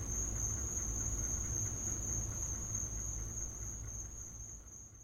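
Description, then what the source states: Crickets trilling steadily at a high pitch while the low background rumble fades toward the end. Crickets in the recordist's back yard; field recording.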